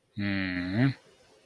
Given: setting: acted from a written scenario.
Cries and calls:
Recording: vocal sound without words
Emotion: pride

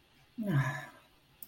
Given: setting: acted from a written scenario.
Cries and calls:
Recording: vocal sound without words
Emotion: contentment

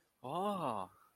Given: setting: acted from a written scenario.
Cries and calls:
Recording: vocal sound without words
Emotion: positive surprise

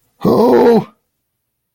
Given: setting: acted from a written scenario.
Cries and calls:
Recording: vocal sound without words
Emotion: negative surprise

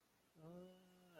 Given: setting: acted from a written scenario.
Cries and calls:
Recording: vocal sound without words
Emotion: awe

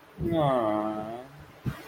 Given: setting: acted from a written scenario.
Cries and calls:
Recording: vocal sound without words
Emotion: sympathy

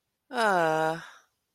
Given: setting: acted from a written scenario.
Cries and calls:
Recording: vocal sound without words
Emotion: guilt

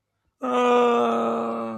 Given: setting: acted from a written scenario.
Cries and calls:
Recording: vocal sound without words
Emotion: pain

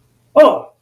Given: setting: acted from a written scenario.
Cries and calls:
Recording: vocal sound without words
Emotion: negative surprise

